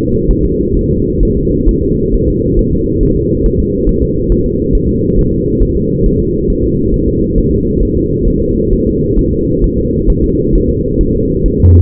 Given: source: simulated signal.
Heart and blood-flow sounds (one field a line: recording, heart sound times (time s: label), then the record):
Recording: fetal heart sounds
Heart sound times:
0.31 s: S1
0.45 s: S2
0.77 s: S1
0.91 s: S2
1.23 s: S1
1.37 s: S2
1.69 s: S1
1.83 s: S2
2.14 s: S1
2.28 s: S2
2.59 s: S1
2.73 s: S2
3.03 s: S1
3.17 s: S2
3.46 s: S1
3.60 s: S2
3.89 s: S1
4.03 s: S2
4.32 s: S1
4.46 s: S2
4.75 s: S1
4.89 s: S2
5.19 s: S1
5.33 s: S2
5.62 s: S1
5.77 s: S2
6.06 s: S1
6.20 s: S2
6.50 s: S1
6.64 s: S2
6.94 s: S1
7.08 s: S2
7.38 s: S1
7.52 s: S2
7.83 s: S1
7.97 s: S2
8.28 s: S1
8.42 s: S2
8.73 s: S1
8.87 s: S2
9.19 s: S1
9.33 s: S2
9.64 s: S1
9.78 s: S2
10.10 s: S1
10.24 s: S2
10.55 s: S1
10.70 s: S2
11.01 s: S1
11.15 s: S2
11.46 s: S1
11.60 s: S2
From the record:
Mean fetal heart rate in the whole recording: 135 bpm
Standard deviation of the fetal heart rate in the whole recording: 3 bpm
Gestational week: 36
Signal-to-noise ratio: -14.7 dB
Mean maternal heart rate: 72 bpm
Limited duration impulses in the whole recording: present